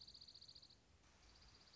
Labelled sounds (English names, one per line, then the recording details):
Dark-eyed Junco
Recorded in Sonoma County, California